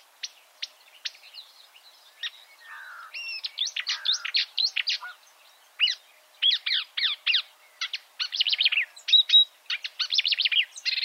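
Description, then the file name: Marsh warbler delivering a busy, jumbled song of quick high chirps, rattles and buzzy phrases, starting sparse and becoming dense and continuous. "suara kicauan burung marsh warbler. omkicau"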